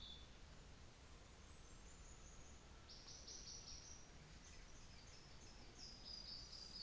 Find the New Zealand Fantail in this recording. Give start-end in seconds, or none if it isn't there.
1.31-2.64, 4.27-6.07